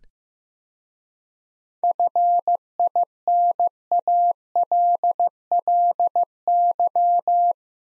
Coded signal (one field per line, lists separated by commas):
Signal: Morse code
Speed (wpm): 15 wpm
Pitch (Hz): 700 Hz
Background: none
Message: FINALLY